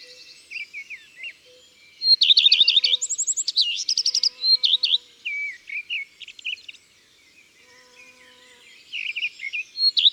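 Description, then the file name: Common redstart song: a burst of quick repeated notes followed by jumbled twittering, with pauses. Countryside. "Rougequeue a front blanc Chants doiseaux dans la campagne"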